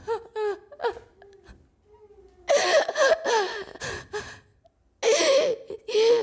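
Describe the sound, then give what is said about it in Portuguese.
A woman sobs with relief in broken, gasping bursts, with high wavering wails separated by short pauses and shaky intakes of breath, growing louder toward the end. “Meu choro é de alívio.”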